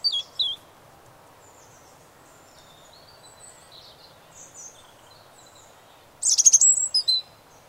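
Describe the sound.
European robin with a few sharp high notes at the start, then faint, scattered high warbling notes, then a louder burst of fast, shrill trilling and thin whistles near the end, against steady background hiss.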